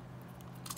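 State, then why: Not seated. A manual mode push button is fitted the wrong way round, as the dealer had done, into the electronic brake controller housing of a 2021 Jeep Gladiator Mopar unit and pressed. Only soft plastic scraping is heard, with a few faint brief rubs near 0.4 and 0.7 seconds. The wrongly oriented button does not click, and nothing has seated.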